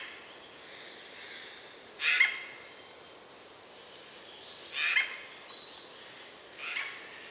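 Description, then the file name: Eurasian jay with three rough, scratchy screeches about two to three seconds apart, the last slightly softer, against faint steady background hiss. "Garrulus glandarius"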